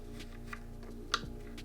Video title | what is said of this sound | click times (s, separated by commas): These lights let you skate in the dark! | you hear a little snap and they are right in there and this is what it looks like | 1.1 s